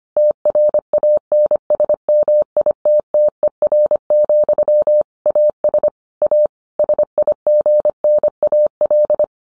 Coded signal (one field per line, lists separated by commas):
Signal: Morse code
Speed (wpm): 25 wpm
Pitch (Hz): 600 Hz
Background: none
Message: TRANSMITTER, AS A SIGNAL